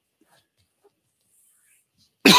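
Near silence for about two seconds, then one abrupt, loud, harsh burst at the very end. It is the explosive start of a single cough from an adult man, cut off before it finishes.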